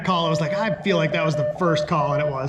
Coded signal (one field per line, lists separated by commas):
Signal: Morse code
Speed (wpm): 22 wpm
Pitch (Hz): 600 Hz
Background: speech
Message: GOTA